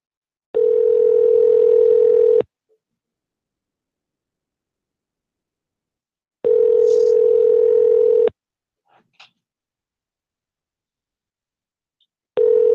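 A telephone tone sounds while calling a man back, in steady, loud bursts of about two seconds each, separated by roughly four seconds of silence, with a couple of faint clicks in one gap and no voices.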